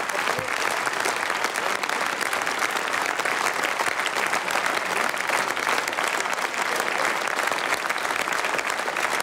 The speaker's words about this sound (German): Warum klatschen die alle? Warum stehen die auf?